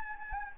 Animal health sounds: mosquito wingbeat signal from an infrared sensor; Anopheles gambiae

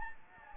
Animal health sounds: mosquito wingbeat signal from an infrared sensor; Anopheles gambiae

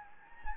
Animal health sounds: mosquito wingbeat signal from an infrared sensor; Anopheles gambiae

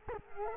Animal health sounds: mosquito wingbeat signal from an infrared sensor; Culex quinquefasciatus

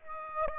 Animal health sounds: mosquito wingbeat signal from an infrared sensor; Aedes aegypti

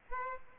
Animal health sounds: mosquito wingbeat signal from an infrared sensor; Aedes aegypti

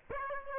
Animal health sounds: mosquito wingbeat signal from an infrared sensor; Aedes aegypti

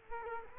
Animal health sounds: mosquito wingbeat signal from an infrared sensor; Culex quinquefasciatus

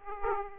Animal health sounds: mosquito wingbeat signal from an infrared sensor; Aedes aegypti

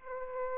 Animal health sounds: mosquito wingbeat signal from an infrared sensor; Aedes albopictus

